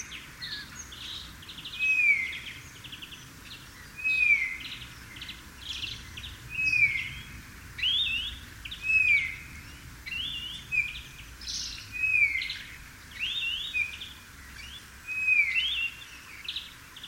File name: Pyrrhula pyrrhula